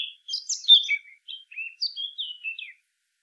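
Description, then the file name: Eurasian blackcap song opening with a jumbled scratchy warble, then a series of separate clear whistled notes; no other sounds. "Sylvia atricapilla"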